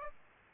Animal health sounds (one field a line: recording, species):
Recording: mosquito wingbeat signal from an infrared sensor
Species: Aedes aegypti